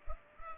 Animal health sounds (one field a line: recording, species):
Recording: mosquito wingbeat signal from an infrared sensor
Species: Culex pipiens